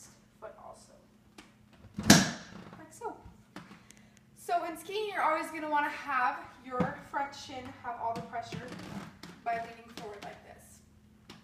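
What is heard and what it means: A skier centers the toe of a ski boot in the front binding of the second ski and pushes the heel back until the rear binding snaps shut. A loud, sharp snap at 2.1 s is the heel piece latching, and the boot is seated in the binding. Someone talks afterward.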